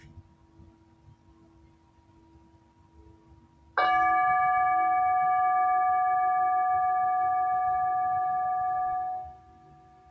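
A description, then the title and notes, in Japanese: A Tibetan singing bowl is struck just before the four-second mark, sounding a bright, ringing tone with several pure overtones layered above a steadier middle pitch. The ring holds nearly level for about five seconds, then fades away quickly around nine seconds, leaving faint low hum. 深夜のシンギングボウルのサウンドヒーリング。チベタンシンギングボウル。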